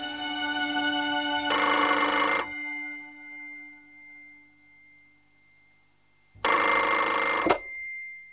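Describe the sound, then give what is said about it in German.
An old-style telephone bell rings twice, each burst a harsh, bright metallic clatter lasting about a second, separated by a long pause in which a faint ringing tone lingers and fades. No one speaks. “Ich hab gehofft, du sagst deinen Namen, wenn du den Hörer abhebst.”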